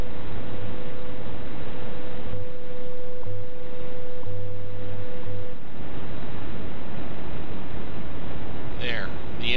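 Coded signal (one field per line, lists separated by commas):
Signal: radio time signal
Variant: WWV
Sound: steady mid-pitch tone broken by a short tick each second over hiss, then just static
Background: radio static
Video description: tuning WWV on 15 MHz and using it to adjust the image rejection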